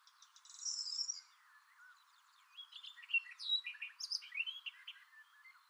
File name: karvalyposzata hangja